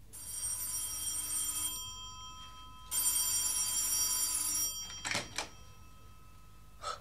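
telephone ringing at night

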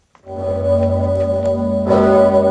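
large cathedral bell tolling

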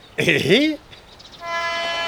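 passing train

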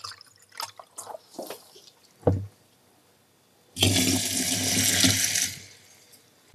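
spring water poured

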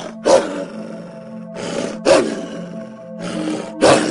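hungry she-wolf growling

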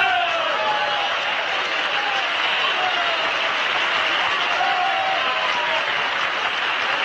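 audience applause

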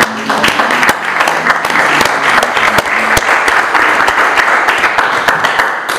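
audience applause

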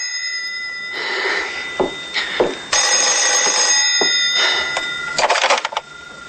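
telephone ringing

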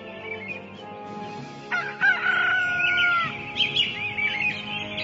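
birds

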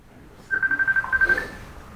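mobile phone ringing

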